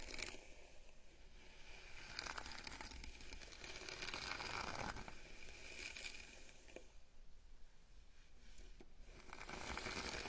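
A scalp massage fills the clip with a dense, steady rustle and scratch of fingers through hair, with brighter crinkly strokes near two and five seconds.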